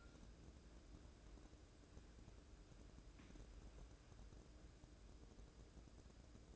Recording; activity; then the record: daily activity, microphone in the room; wipe stove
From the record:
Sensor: 2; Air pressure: 1012.2 hPa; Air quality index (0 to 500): 161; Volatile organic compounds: 2 ppm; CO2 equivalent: 1170 ppm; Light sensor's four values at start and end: 407/1089/407/443 and 406/1088/407/443